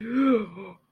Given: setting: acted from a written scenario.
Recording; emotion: vocal sound without words; awe